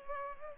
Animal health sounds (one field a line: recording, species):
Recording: mosquito wingbeat signal from an infrared sensor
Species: Culex pipiens